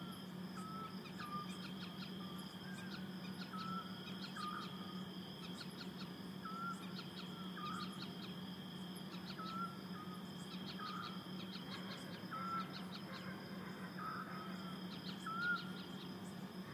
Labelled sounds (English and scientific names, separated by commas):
Eurasian Scops Owl (Otus scops)